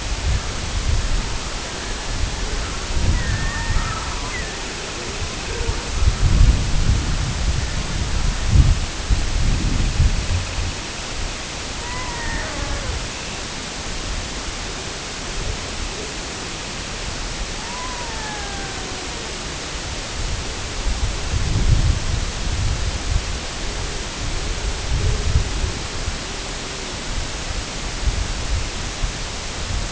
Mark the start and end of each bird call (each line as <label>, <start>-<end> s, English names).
Red-throated Loon, 1.45-6.72 s
Semipalmated Sandpiper, 3.40-6.96 s
Red-throated Loon, 7.43-8.79 s
Semipalmated Sandpiper, 9.34-11.56 s
Red-throated Loon, 11.70-12.46 s
Dunlin, 13.04-13.53 s
Semipalmated Sandpiper, 14.63-17.36 s
Red-throated Loon, 17.48-19.25 s